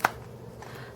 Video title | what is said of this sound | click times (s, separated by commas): Red Filofax Pocket Pennybridge Set-up | you'll hear it snap when I | 0.1 s